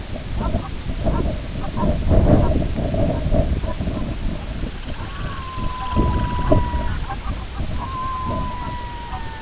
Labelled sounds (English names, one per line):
unidentified sound
Semipalmated Sandpiper
Red-throated Loon